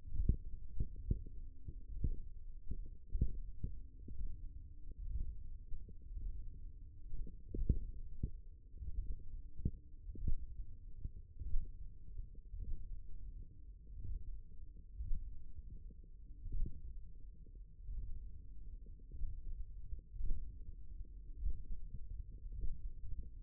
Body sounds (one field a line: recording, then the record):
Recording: forearm muscle sounds (acoustic myography)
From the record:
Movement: thumb flexion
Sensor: system 1, eight BSWA MPA416 microphones around the upper forearm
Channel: 7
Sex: male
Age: 23 years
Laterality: right